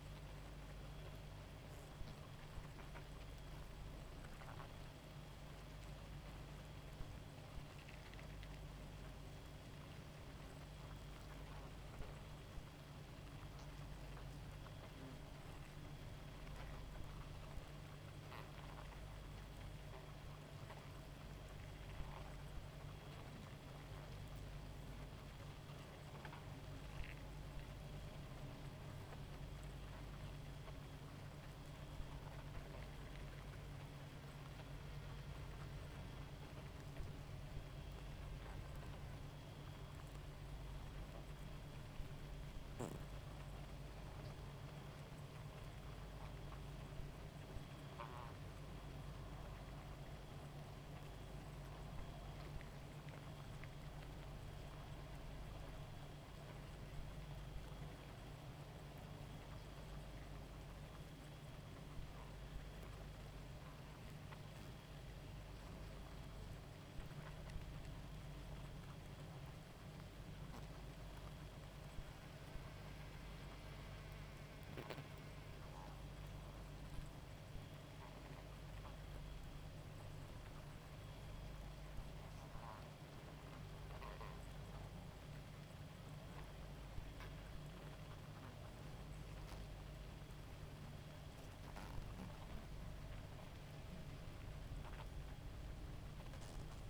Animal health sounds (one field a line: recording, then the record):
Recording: honeybee colony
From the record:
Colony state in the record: active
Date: 28 July 2017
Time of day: 1:52